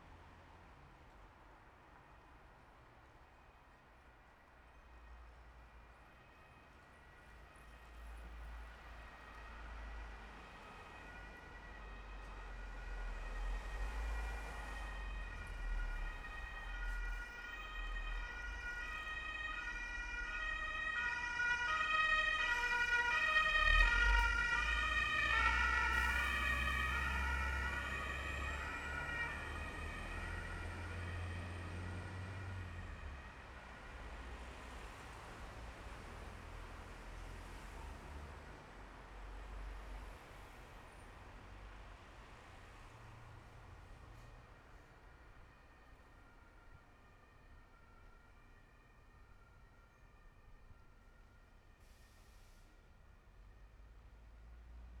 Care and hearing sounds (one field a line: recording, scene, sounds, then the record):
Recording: everyday scene through a hearing-aid microphone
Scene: in traffic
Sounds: traffic, siren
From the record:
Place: bus stop on a city main road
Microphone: behind the ear, left, front